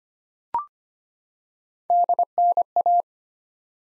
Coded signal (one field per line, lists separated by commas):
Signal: Morse code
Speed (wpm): 25 wpm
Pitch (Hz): 700 Hz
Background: none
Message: DNA